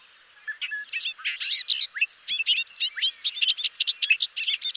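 Bobolink singing a hurried, gurgling string of metallic, bouncing notes, sharply rising and falling.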